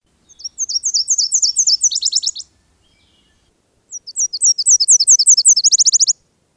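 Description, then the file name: Nashville Warbler song, given twice: a high series of paired sweet notes followed by a faster, lower, dry trill, each song about two seconds long. Dated 24 May 2000. "2000-05-24 Nashville Warbler"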